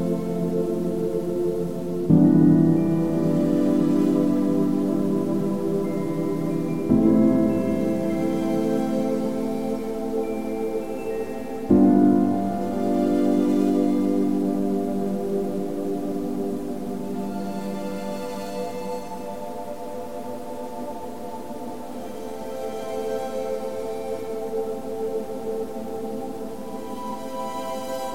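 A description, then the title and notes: Calm, relaxing music built on long ringing tones like a singing bowl, struck at about 2, 7 and 12 seconds, each strike blooming and then slowly fading. Afterward the sustained tones drift softly, with a faint airy hiss of wind underneath throughout. A harmonious blend of zen and relaxing music and some white noise and wind in the background.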